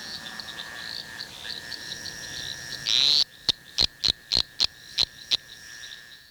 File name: Litoria fallax